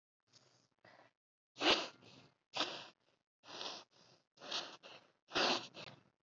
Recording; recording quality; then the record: shallow breathing; excellent, no background noise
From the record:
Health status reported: COVID-19 positive, moderate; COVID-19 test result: positive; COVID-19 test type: RT-PCR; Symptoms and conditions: cough, cold, sore throat, fever, fatigue, muscle pain, another condition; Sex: female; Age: 28 years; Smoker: no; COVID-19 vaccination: both doses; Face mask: worn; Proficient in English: yes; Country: India